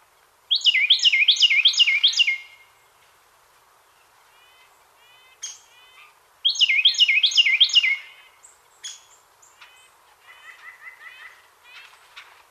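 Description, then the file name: Carolina wren gives two bouts of loud, rapidly repeated rolling phrases several seconds apart, with softer chirps between and after them. "Carolina Wren Thryothorus ludovicianus"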